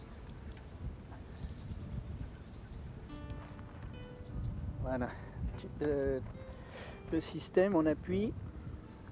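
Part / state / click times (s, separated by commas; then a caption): line release clip on a fishing rig setup / not seated / none. A line release clip on a fishing rig setup is handled and pressed toward its latching position while someone talks. Only low background noise and a few brief soft sounds are heard. Nothing has seated or clicked yet.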